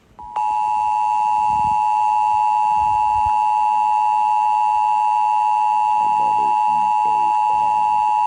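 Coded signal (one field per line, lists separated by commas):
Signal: Emergency Alert System (SAME) tones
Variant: 853 and 960 Hz attention tone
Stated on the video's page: Fictional alert scenario about a global hurricane, an animation.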